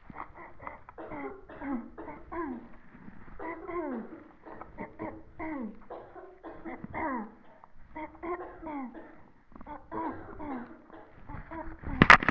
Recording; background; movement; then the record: throat clearing; a bystander coughing; sitting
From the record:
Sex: female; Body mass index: 18.8 kg/m2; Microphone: on the chest, facing the body